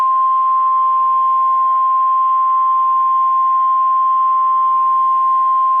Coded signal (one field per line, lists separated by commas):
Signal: Emergency Alert System (SAME) tones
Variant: 1050 Hz attention tone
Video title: Blizzard Warning: New York City (2/7/13)